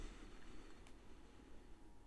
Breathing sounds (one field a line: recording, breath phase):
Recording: one breath near a microphone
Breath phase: inhalation